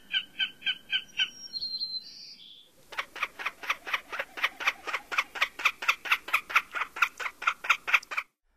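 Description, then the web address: Common Snipe calls: a few quick notes, then a long run of harsh, clipped notes repeated steadily. North America. "Songs of Birds of North America Stokes. Common Snipe"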